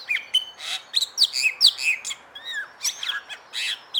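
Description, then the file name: Bali myna calls, a quick jumble of scratchy squawks, rising and falling whistles and bright chirps in rapid succession. "suara jalak bali"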